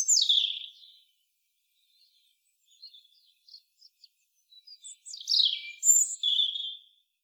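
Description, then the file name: European robin giving a loud descending warble, a few faint scattered thin notes, then a second rich phrase of falling whistles and trills; background otherwise silent. "Erithacus rubecula"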